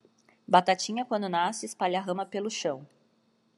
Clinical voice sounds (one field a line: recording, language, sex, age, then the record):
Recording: short text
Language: Brazilian Portuguese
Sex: female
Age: 30 to 39 years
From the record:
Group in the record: control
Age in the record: 38 years